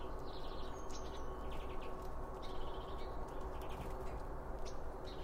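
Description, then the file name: Birds twittering in quick bursts of high chirps, repeated every second or so, over a heavy steady low-pitched rumble. Several birds around a bird feeder, recorded with two Line Audio OM 1 microphones. "Birds Around Birdfeeding With Two Om 1 From Line Audio"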